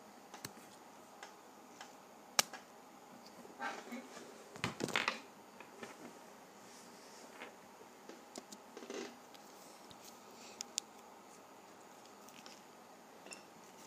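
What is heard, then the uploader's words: Pages of a paper pad flip with soft rustles and brief crisp snaps, busiest around five seconds, with quiet gaps and sparse ticks elsewhere. Flipping Through a Pad of Paper.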